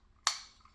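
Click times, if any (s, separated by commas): 0.3 s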